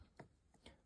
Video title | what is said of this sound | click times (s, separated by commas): Unboxing and testing the Xiaomi Robot Vacuum (cleaner) X20+ | You just basically push these brushes until you hear a click | 0.2 s, 0.7 s